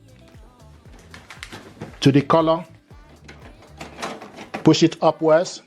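A tri-color ink cartridge is handled at the carriage slot of an HP DeskJet 4100 printer while someone talks over background music, with a few soft plastic taps and knocks along the way. The cartridge is about to be pushed upward into its slot, but nothing has seated or clicked yet.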